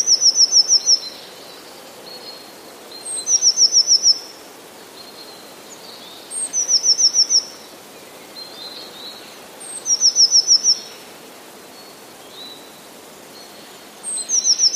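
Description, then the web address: Eurasian blue tit repeating a high thin note followed by a ringing descending trill, phrase after phrase at steady intervals, quiet hiss behind. "modraszkoteka"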